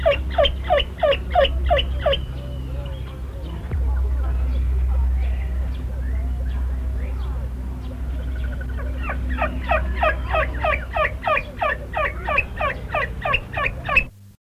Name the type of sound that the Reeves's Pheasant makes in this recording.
call